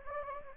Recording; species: mosquito wingbeat signal from an infrared sensor; Anopheles gambiae